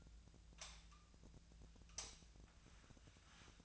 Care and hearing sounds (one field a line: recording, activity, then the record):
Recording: daily activity, microphone in the room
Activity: light on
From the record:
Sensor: 2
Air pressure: 1009.6 hPa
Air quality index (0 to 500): 180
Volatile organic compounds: 10 ppm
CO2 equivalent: 2248 ppm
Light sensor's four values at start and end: 27/66/29/32 and 32/85/36/38